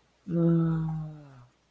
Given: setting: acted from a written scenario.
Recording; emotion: vocal sound without words; negative surprise